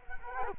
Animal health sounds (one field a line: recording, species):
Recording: mosquito wingbeat signal from an infrared sensor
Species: Culex quinquefasciatus